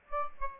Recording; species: mosquito wingbeat signal from an infrared sensor; Aedes albopictus